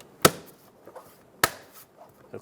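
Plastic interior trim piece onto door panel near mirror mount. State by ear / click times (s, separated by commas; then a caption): seated / 0.2 s, 1.4 s. A plastic interior trim piece by the door handle, near the towing mirror mount on a 2007–2017 Ford Expedition door panel, is pressed onto the door and seats. Two loud, sharp clicks snap out at 0.3 s and 1.4 s, with only faint, quiet sounds between them.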